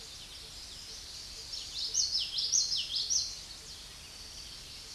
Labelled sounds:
Common Yellowthroat (Geothlypis trichas) song
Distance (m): 20 m
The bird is about 15 m above the microphone
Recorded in a Pennsylvania forest on 16 May 2024 at 08:20
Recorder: AudioMoth, point MSD-1342
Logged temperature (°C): 15.5 °C
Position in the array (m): 236 m, 173 m

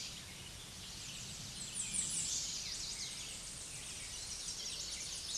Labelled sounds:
American Redstart (Setophaga ruticilla) song
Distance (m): 25 m
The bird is about 10 m above the microphone
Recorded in a Pennsylvania forest on 16 May 2024 at 06:53
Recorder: AudioMoth, point MSD-0019
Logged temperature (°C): 16.7 °C
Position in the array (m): 49 m, 226 m

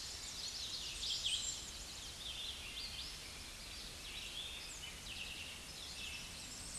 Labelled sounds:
Hooded Warbler (Setophaga citrina) song
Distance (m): 65 m
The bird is about 5 m above the microphone
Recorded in a Pennsylvania forest on 16 May 2024 at 07:22
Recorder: AudioMoth, point MSD-2039
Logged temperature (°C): 15.0 °C
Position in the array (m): 27 m, 140 m

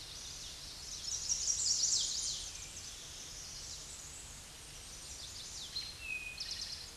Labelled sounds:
Eastern Towhee (Pipilo erythrophthalmus) song
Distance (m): 15 m
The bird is about 5 m above the microphone
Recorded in a Pennsylvania forest on 16 May 2024 at 08:23
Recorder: AudioMoth, point MSD-2074
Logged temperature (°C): 16.3 °C
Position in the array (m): 170 m, 190 m

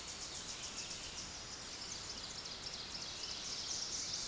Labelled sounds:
Ovenbird (Seiurus aurocapilla) song
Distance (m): 50 m
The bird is about 10 m above the microphone
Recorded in a Pennsylvania forest on 16 May 2024 at 06:07
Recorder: AudioMoth, point MSD-1368
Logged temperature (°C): 12.5 °C
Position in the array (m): 41 m, 23 m

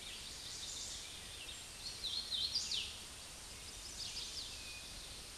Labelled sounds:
Hooded Warbler (Setophaga citrina) song
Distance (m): 40 m
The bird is about 15 m above the microphone
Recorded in a Pennsylvania forest on 16 May 2024 at 08:29
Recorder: AudioMoth, point MSD-2391
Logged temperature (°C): 15.0 °C
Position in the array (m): 121 m, 75 m

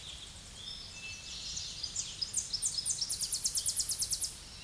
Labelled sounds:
Tennessee Warbler (Leiothlypis peregrina) song
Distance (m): 20 m
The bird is about level with the microphone
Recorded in a Pennsylvania forest on 16 May 2024 at 07:48
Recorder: AudioMoth, point MSD-2429
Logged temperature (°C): 16.7 °C
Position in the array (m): 82 m, 78 m

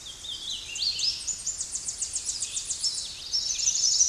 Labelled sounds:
Tennessee Warbler (Leiothlypis peregrina) song
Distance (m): 30 m
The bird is about 25 m above the microphone
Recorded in a Pennsylvania forest on 16 May 2024 at 08:16
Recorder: AudioMoth, point MSD-1293
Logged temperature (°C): 12.0 °C
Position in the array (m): 65 m, 170 m

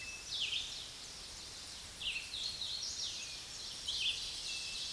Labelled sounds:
Hooded Warbler (Setophaga citrina) song
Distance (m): 25 m
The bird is about 5 m above the microphone
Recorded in a Pennsylvania forest on 16 May 2024 at 06:29
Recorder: AudioMoth, point MSD-2095
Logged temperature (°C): 16.3 °C
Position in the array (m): 143 m, 89 m

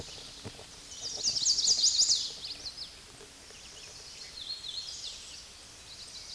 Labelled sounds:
Hooded Warbler (Setophaga citrina) song
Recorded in a Pennsylvania forest on 16 May 2024 at 08:55
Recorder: AudioMoth, point MSD-2443
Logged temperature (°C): 16.4 °C
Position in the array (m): 104 m, 54 m

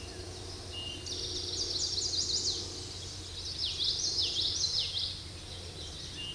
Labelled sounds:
Common Yellowthroat (Geothlypis trichas) song
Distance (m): 15 m
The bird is about 5 m above the microphone
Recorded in a Pennsylvania forest on 16 May 2024 at 08:06
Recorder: AudioMoth, point MSD-2320
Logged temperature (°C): 12.8 °C
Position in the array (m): 226 m, 181 m

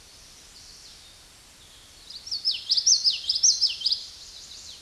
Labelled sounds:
Common Yellowthroat (Geothlypis trichas) song
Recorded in a Pennsylvania forest on 16 May 2024 at 09:56
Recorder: AudioMoth, point MSD-1342
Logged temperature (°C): 15.5 °C
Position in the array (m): 230 m, 181 m

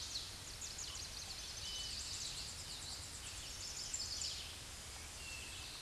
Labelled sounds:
Chestnut-sided Warbler (Setophaga pensylvanica) song
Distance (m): 35 m
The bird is about 15 m above the microphone
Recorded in a Pennsylvania forest on 16 May 2024 at 08:24
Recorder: AudioMoth, point MSD-2131
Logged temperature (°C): 14.8 °C
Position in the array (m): 41 m, 58 m

